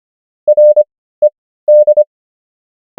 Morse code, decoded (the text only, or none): RED